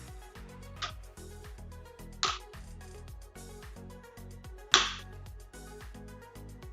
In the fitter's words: ya ini sudah terkunci